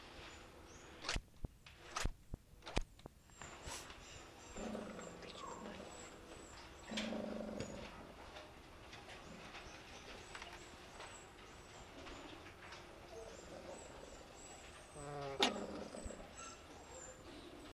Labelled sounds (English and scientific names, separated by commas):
Fennec Fox (Vulpes zerda) call